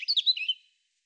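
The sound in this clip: European robin song fragment, a brief run of high thin chirps and twitters lasting about half a second, then silence.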